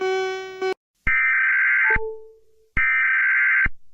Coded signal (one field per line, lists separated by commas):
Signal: Emergency Alert System (SAME) tones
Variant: header bursts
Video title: The Ultimate Rating of eas alarms